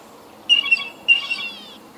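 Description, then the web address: Blue jay giving two loud calls in quick succession, the second longer and trailing off. "bird-calls blue-jay"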